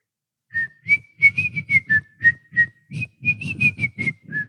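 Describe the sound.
A person whistles a short, wavering tune of steady high notes, each one breathy and slightly uneven, with brief gaps between them and no talking.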